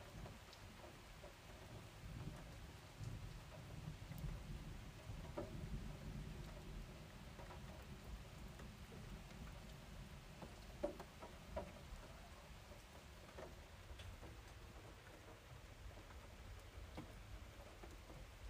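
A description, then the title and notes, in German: A thunderstorm heard from inside a camper: a low, steady rumble fills the background, swelling around the middle, while rain taps the roof in scattered, sharp drops. A few louder knocks stand out near eleven seconds, and the patter stays uneven throughout. Denn Gewitter im Camper. Regentropfen prasseln aufs Dach, Wassertropfen plätschern vom leicht geöffneten Seitenfenster und in der Ferne grollt der Donner.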